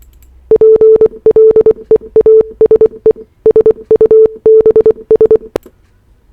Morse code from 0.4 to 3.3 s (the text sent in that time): PLEASE